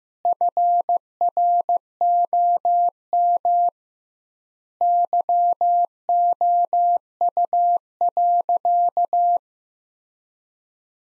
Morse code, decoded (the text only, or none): FROM YOU.